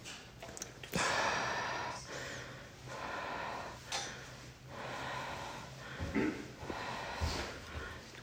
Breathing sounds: deep breathing after running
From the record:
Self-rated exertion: moderate exertion (3 of 6); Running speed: 8 miles an hour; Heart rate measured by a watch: 105 beats a minute at the start, 114 at the end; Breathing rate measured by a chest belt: 15 breaths a minute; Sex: female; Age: 55 years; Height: 157 cm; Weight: 48 kg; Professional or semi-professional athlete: yes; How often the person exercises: every day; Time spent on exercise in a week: over 5 hours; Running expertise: yes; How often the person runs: 3 to 5 times a week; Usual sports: running, swimming, yoga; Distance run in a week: 40 miles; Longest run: 20 miles

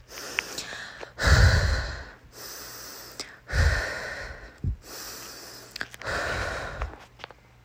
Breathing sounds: deep breathing after running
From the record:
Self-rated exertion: moderate exertion (3 of 6); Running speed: 5 miles an hour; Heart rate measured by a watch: 132 beats a minute at the start, 128 at the end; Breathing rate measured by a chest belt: 17 breaths a minute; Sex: female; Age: 18 years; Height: 171 cm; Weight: 75 kg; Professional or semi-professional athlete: no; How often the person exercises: 1 to 2 times a week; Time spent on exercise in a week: under 1 hour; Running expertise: no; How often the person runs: 1 to 2 times a week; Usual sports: running, fencing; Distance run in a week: 3 km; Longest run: 21.3 km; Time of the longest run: 190 minutes

